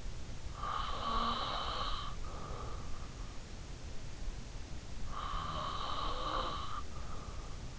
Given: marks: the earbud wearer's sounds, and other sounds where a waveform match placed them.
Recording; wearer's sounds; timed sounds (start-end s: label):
sounds in sleep by an in-ear microphone; breath
0.00-3.03 s: breath
4.74-7.37 s: breath